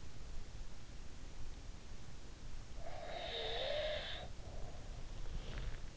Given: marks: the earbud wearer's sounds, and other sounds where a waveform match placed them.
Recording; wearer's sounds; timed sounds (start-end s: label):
sounds in sleep by an in-ear microphone; snoring breath
2.70-5.07 s: snoring breath